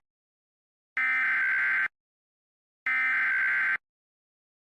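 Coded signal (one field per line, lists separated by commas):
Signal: Emergency Alert System (SAME) tones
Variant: header bursts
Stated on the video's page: Simulated scenario, not a real alert.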